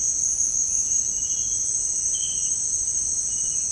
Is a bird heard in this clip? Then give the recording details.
no. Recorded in secondary vegetation near Puerto Asís, Putumayo, Colombia, on 8 March 2025 at 17:30. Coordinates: 0.502, -76.326. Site G100